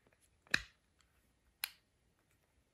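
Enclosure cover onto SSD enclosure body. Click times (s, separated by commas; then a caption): 0.5 s, 1.6 s. The cover of an Asus Arion SSD enclosure is set on one side and pushed over onto the enclosure body, giving two sharp, bright snaps at 0.5 s and 1.6 s with faint small ticks between them. The cover looks seated but still leaves a gap, so it has only partly snapped on.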